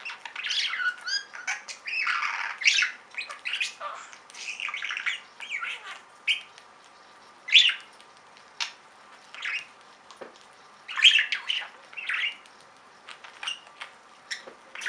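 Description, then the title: Budgerigar calls, dense chirping warble at first, then thinning into separate short squawks and chirps with quiet gaps in the last half. "Budgie Sounds"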